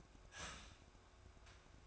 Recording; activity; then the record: daily activity, microphone in the room; start toaster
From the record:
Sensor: 2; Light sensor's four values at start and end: 4/10/4/4 and 4/10/4/4